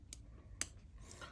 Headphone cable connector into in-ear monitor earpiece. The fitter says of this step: snaps in place just like that you see you got your swivel there uh